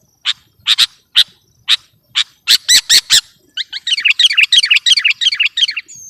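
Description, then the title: Sooty-headed bulbul song: a series of separate sharp notes, then three louder strokes, ending in a fast tumbling chatter of bubbly notes. "kutilang"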